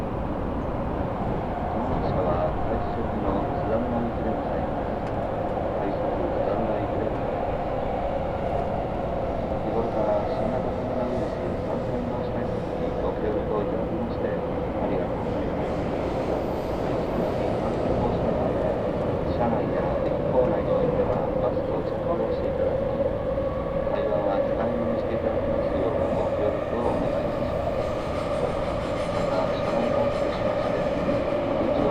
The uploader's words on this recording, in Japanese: 東京メトロ 飯田橋→西船橋。津田沼行きの快速に乗車していますので、車両はＪＲの車両です。通勤時間帯なのでかなり混雑してきましたが。